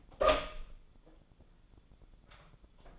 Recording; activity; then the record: daily activity, microphone in the room; open door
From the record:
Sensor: 5